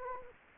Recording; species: mosquito wingbeat signal from an infrared sensor; Anopheles gambiae